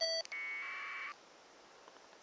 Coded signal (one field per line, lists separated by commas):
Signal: packet radio (AX.25, as in APRS)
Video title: SHTF, Disaster, Bugout Field APRS GPS Tracking Demo